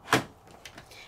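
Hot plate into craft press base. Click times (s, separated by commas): 0.1 s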